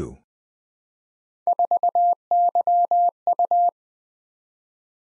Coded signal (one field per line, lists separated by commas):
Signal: Morse code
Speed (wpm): 20 wpm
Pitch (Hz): 700 Hz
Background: none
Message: 4YU